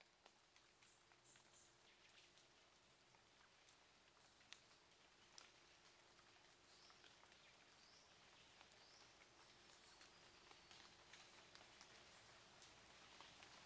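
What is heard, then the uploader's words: A forest after rain, with a steady, quiet hiss filling the air and scattered drips tapping now and then, a couple of sharper drops around the four- and five-second marks. Faint high bird calls drift in throughout. Forest after rain.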